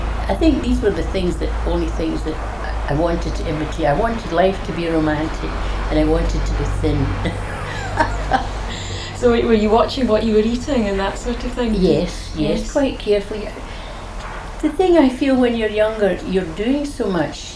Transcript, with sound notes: I think these were things-- the only things that I wanted to imitate. I wanted life to be romantic and I wanted to be thin. [laughs]
So were you watching what you were eating and that sort of thing?
Yes, yes. We were quite careful. The thing I feel when you're younger, you're doing so much.